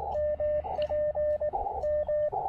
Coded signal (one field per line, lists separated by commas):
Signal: Morse code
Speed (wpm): 19 wpm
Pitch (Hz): 590 Hz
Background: radio noise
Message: MP M